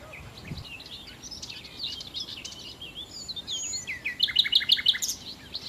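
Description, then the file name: Common nightingale song: soft jumbled warbling and chirps, then a loud, quick series of repeated rich notes near the end. "Nachtigall"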